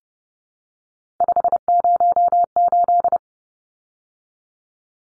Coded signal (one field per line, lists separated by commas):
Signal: Morse code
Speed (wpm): 30 wpm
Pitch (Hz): 700 Hz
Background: none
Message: 508